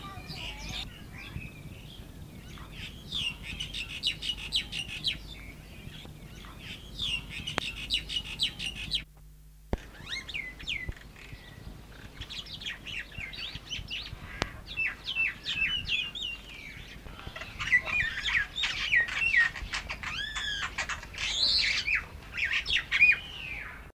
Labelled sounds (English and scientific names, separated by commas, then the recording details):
Bank Myna (Acridotheres ginginianus) song
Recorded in captivity
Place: Vogelpark Walsrode, Niedersachsen, DE
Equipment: Halbspur, 9,5 cm/s
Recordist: Lütgens, Hans
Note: Gesang